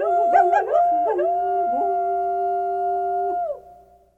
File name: Coyote